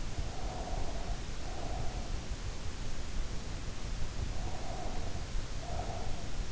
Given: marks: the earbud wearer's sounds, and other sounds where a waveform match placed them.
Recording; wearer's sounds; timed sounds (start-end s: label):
sounds in sleep by an in-ear microphone; breath
0.24-2.27 s: breath
4.39-6.52 s: breath